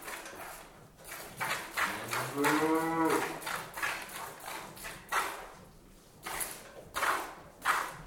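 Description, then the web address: Cow giving one drawn-out moo in the middle, with rhythmic squirting strokes of hand milking heard throughout. One cow indoors being milked by hand, giving some loud moos. "one cow interior milked by hand with some loud moos bucket down on floor at end"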